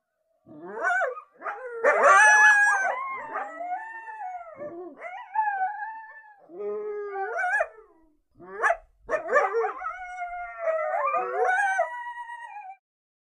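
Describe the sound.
Coyote yips and barking yelps in bursts, mixed with short rising and falling howls, separated by brief silences, ending in a sustained wavering howl.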